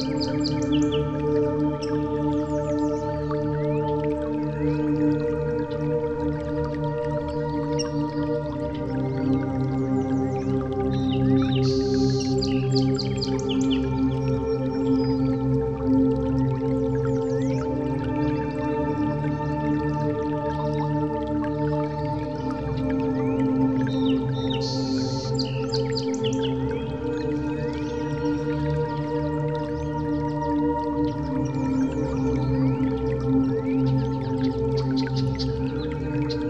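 Slow, soft music of sustained, warm low tones that shift to new chords roughly every eight to ten seconds, holding a steady, even loudness throughout. Faint bright twinkling or bird-like chirps rise above it briefly around 12 and 26 seconds.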